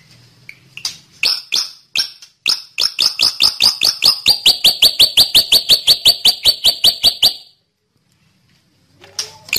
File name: Suara burung awar awar aka srigunting jambul